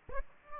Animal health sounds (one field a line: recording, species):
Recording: mosquito wingbeat signal from an infrared sensor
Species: Aedes aegypti